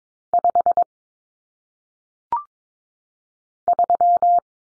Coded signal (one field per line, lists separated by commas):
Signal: Morse code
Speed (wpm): 22 wpm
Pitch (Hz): 700 Hz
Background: none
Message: 5 3